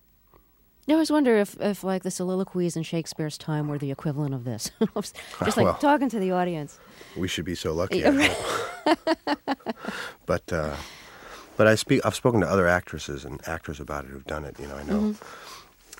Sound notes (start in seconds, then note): 4.9 laughs; 8.0 laughs